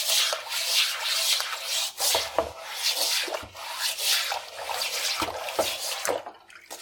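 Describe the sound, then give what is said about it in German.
A stiff brush scrubs a wooden cutting board in steady back-and-forth strokes, a dense raspy scratching that continues throughout with a few brief pauses and faint knocks. “Ah ja, da hört man, wie ich jetzt nämlich nicht mehr den Schwamm nehme, sondern die Bürste.”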